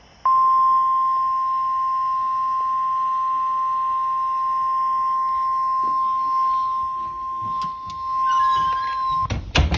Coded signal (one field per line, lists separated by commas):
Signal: Emergency Alert System (SAME) tones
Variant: 1050 Hz attention tone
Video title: LOT in a nutshell | 6/25/23 | EAS #163-164 |